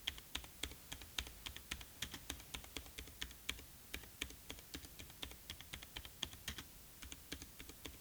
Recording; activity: daily activity, guitar pickup as the sensor; type